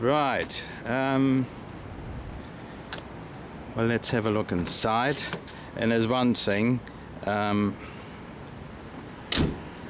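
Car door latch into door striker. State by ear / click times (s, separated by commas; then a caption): seated / 9.3 s. Someone talks, then a car door is closed and its latch clicks into the door striker with a short, sharp snap at 9.3 s. The latch catches and the door clicks into place nicely, fully shut.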